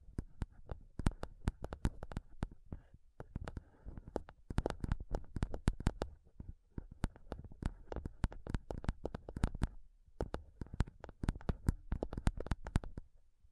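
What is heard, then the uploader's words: Fingernails tap rapidly and unevenly on a microphone, each strike a sharp, close click with a dull low thump beneath it. The taps come in dense bursts with brief pauses, continuing throughout the fourteen seconds. ASMR INTENSE MIC TAPPING Sounds Using Nails (no talking).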